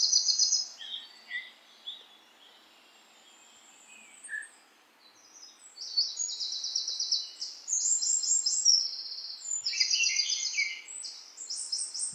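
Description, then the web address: High-pitched bird song with buzzy trills and short chirps, a quiet gap, then denser trilled phrases, over constant faint hiss. "voices-of-nature birds nature-sound"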